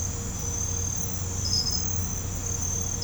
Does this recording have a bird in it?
no